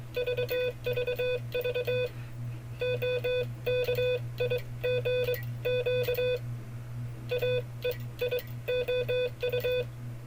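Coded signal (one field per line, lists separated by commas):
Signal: Morse code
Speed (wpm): 22 wpm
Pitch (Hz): 500 Hz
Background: none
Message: VVV OKIGQ AEIOU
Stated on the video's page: Morse code practice of five-character cipher groups, a write-it-down copying exercise.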